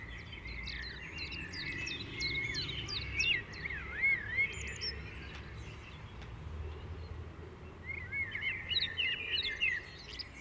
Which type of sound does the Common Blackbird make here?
song